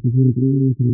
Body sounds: neck accelerometer signal played as sound; no cough (speech, laughter, throat clearing or background)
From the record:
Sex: female

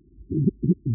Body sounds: neck accelerometer signal played as sound; voluntary cough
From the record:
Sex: male

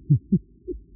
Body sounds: neck accelerometer signal played as sound; no cough (speech, laughter, throat clearing or background)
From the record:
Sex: male

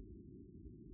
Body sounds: neck accelerometer signal played as sound; no cough (speech, laughter, throat clearing or background)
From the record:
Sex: female

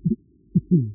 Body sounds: neck accelerometer signal played as sound; voluntary cough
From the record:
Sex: male

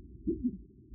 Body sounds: neck accelerometer signal played as sound; voluntary cough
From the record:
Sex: female

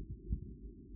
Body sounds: neck accelerometer signal played as sound; no cough (speech, laughter, throat clearing or background)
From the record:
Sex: male

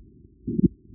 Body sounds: neck accelerometer signal played as sound; voluntary cough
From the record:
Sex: male

